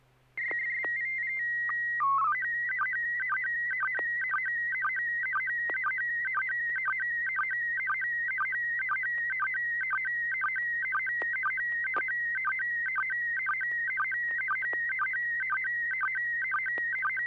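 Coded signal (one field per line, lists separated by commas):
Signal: SSTV (slow-scan television)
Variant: PD 120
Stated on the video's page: Weekly amateur SSTV net on a 441.30 MHz FM repeater, images exchanged using MMSSTV software.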